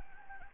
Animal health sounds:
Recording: mosquito wingbeat signal from an infrared sensor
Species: Anopheles gambiae

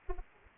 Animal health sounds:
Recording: mosquito wingbeat signal from an infrared sensor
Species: Anopheles arabiensis

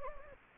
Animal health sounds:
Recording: mosquito wingbeat signal from an infrared sensor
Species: Anopheles gambiae

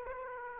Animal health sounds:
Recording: mosquito wingbeat signal from an infrared sensor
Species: Aedes aegypti

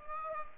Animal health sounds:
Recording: mosquito wingbeat signal from an infrared sensor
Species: Aedes aegypti

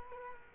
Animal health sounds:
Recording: mosquito wingbeat signal from an infrared sensor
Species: Culex quinquefasciatus

